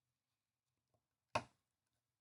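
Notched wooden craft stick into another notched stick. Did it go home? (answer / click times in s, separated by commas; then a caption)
yes / 1.4 s. A notched wooden popsicle-style building stick is pushed into another notched stick until the notches interlock. After a faint tap near 0.9 s, a single sharp click sounds at 1.4 s and fades within about a quarter second, with quiet before and after. The click shows the stick is fully seated.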